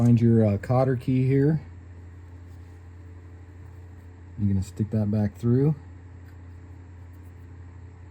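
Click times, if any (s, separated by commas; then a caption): none. Someone talks while handling the metal cotter key, the retaining clip that goes back through the brake pad retaining pin on a front brake caliper of a Lexus GS350 during a front brake pad replacement. Speech comes in two bursts over a steady low hum, with quiet stretches between them. The clip has not yet been pushed home, so nothing has seated or clicked yet.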